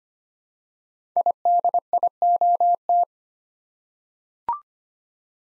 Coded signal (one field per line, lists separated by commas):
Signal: Morse code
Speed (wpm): 25 wpm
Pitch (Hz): 700 Hz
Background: none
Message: IDIOT